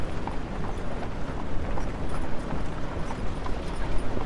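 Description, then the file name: Horse hoofbeats knocking over a low rumble. Horse pulling a carriage. "horse and carriage"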